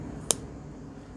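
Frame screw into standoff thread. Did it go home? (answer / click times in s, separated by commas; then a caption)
yes / 0.3 s. A small metal screw is turned backwards against a standoff on an iFlight iX3 Lite 3-inch carbon drone frame until it drops into the start of the thread, which avoids cross-threading. A single short, bright snap is heard at 0.3 s over faint background noise. The thread has dropped into place and the screw is seated at the thread start.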